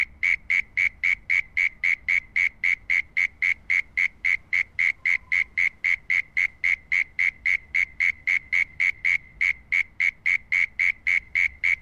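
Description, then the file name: Frog giving a long, even series of brief whistled pulses at a steady pitch, roughly four per second, very regular throughout over a quiet low rumble. Unknown Australian frog species. "ANIMAL FROG UNKNOWN AUSTRALIAN"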